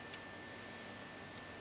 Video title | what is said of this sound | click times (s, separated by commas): How to remove intake manifold on a 3.6 v6 pentastar engine. | They just gently push down, and you'll hear an audible snap. | 0.1 s, 1.4 s